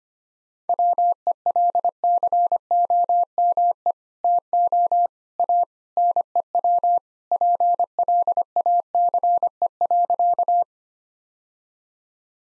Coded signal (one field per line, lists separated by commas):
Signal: Morse code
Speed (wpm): 25 wpm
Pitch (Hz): 700 Hz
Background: none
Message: WELCOME TO A NEW PLACE.